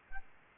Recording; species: mosquito wingbeat signal from an infrared sensor; Aedes albopictus